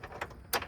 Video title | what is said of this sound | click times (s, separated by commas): Tacoma TRD Pro Grill ULTIMATE Acessories | and it pops out just like so. | 0.5 s